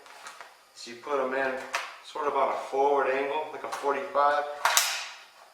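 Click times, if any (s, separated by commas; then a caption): 4.8 s. A steel box magazine is rocked front-first at about a 45-degree angle into the magazine well of a Ruger Mini 14 Tactical rifle with flash suppressor, then pulled back until it latches. Someone talks throughout, and a sharp metallic click at 4.8 s marks the magazine seating in.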